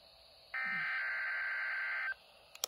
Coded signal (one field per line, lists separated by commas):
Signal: Emergency Alert System (SAME) tones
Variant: header bursts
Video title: RWT INSANITY!!| EAS #33-40| Required Weekly Test| KXI76, KXI89, WXJ31, KEC80, WXM32